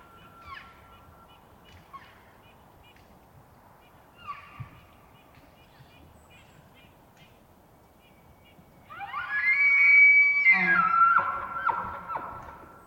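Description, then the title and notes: Elk bugle bursting out loud after quiet, a shrill whistled scream that rises, wavers and breaks into rough grunting, preceded by a few faint calls. Bull elk roaring during the rut, pre-dawn morning of September 18, Colockum Wildlife Area, Washington; males vocal just before hunting season. "Elk Bull Roars Closer And Far With Challenges, Galloping, And Clashing Antlers. morning of September 18, starting pre-dawn. It was rutting season in the Colockum Wildlife area"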